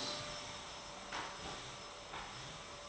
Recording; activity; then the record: daily activity, microphone in the room; vacuum cleaning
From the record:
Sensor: 3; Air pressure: 1011.9 hPa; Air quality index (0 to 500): 236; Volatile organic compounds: 5 ppm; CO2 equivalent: 1750 ppm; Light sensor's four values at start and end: 11/26/11/10 and 11/26/11/11